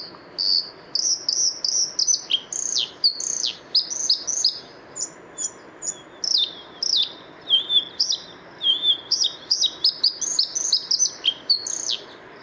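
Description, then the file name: Bluethroat delivering a rich, varied song: rapid high chattering notes, ringing slurred whistles and quick repeated motifs, pouring out almost without pause for twelve seconds. Recorded 6 April 2014 at the Isar river mouth near Deggendorf, Germany. "Blaukehlchen 06 04 2014 Isarmuend DEG Michle Pron"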